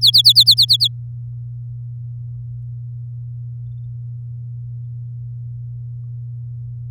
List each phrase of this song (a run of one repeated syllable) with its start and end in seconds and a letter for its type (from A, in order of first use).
0.01-0.88 A